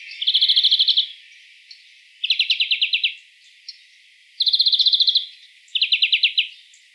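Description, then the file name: European greenfinch repeating fast rattling trills, four bursts separated by short pauses. "Chloris chloris"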